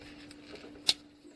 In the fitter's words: and you hear the click there which is nice